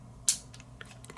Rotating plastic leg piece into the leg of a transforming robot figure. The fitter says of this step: and kind of clicks into place and then the legs tab together